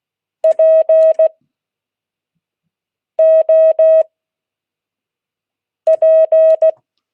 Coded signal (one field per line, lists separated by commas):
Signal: Morse code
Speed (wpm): 16 wpm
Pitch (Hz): 640 Hz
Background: none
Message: POP